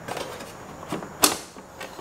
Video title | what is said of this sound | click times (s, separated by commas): KTM 790 890 ADV R Oil Change - Back in the Garage | kind of felt that one pop into place okay | 1.2 s